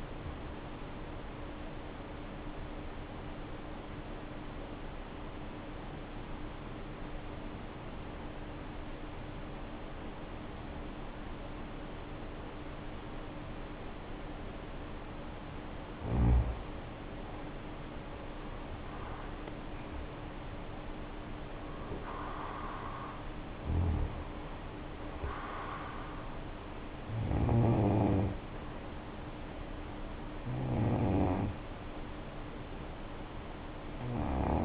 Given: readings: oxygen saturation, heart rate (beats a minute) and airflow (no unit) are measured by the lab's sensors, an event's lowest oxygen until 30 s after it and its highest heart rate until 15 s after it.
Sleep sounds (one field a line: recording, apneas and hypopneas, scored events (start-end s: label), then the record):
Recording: breathing in sleep by a voice recorder at the bedside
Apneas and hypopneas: 1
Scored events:
4.00-16.90 s: obstructive apnea (N1, oxygen 95% highest, then 80% lowest, heart rate 58 at the start, 72 highest)
From the record:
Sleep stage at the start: N1 (lightest sleep)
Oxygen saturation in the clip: 80 to 95%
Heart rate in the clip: 53 to 72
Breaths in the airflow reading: 6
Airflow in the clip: -7.5 to 8.3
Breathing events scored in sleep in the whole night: 520 in 7.2 hours asleep